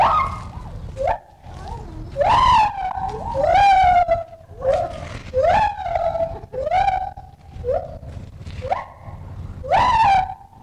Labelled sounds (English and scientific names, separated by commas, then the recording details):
Lar Gibbon (Hylobates lar)
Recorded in captivity
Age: adult
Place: Zoo Köln, Nordrhein-Westfalen, DE
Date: 1960-06-10 12:00
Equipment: Vollspur, Reporter
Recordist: Tembrock, Günter
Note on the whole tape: Weißhandgibbon, Rufe und Ruffolgen, hangelt dabei im Außengehege hin und her, hängt teilweise im Gitter